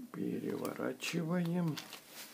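Someone talks while reassembling an automatic umbrella's open/close mechanism, turning over an internal part that goes into the umbrella shaft/handle. Only speech and faint handling are heard, with no distinct hit. Nothing has seated or clicked yet.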